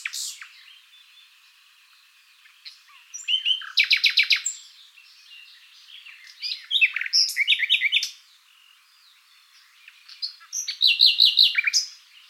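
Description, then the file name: Common nightingale song in three bursts, each a loud run of rapid repeated notes with buzzy trills and sharp chips, separated by short pauses. "Luscinia megarhynchos"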